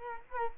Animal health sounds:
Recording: mosquito wingbeat signal from an infrared sensor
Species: Culex quinquefasciatus

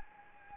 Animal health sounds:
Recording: mosquito wingbeat signal from an infrared sensor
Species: Anopheles gambiae

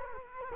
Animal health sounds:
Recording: mosquito wingbeat signal from an infrared sensor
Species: Culex quinquefasciatus

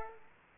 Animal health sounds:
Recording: mosquito wingbeat signal from an infrared sensor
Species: Aedes aegypti

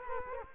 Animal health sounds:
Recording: mosquito wingbeat signal from an infrared sensor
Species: Culex quinquefasciatus

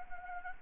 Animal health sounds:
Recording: mosquito wingbeat signal from an infrared sensor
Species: Anopheles gambiae

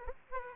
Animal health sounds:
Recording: mosquito wingbeat signal from an infrared sensor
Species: Aedes aegypti

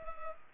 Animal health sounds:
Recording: mosquito wingbeat signal from an infrared sensor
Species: Culex pipiens

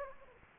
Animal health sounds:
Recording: mosquito wingbeat signal from an infrared sensor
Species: Anopheles gambiae

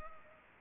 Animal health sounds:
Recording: mosquito wingbeat signal from an infrared sensor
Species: Culex pipiens

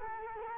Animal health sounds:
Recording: mosquito wingbeat signal from an infrared sensor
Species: Culex quinquefasciatus

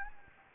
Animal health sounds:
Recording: mosquito wingbeat signal from an infrared sensor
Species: Anopheles gambiae

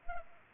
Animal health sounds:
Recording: mosquito wingbeat signal from an infrared sensor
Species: Culex pipiens

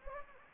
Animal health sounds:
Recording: mosquito wingbeat signal from an infrared sensor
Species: Anopheles gambiae

